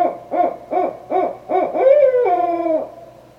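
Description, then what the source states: Barred owl giving a short series of rapid hoots followed by a loud, sliding, downward-trailing final hoot. Recorded on 5 November 2011.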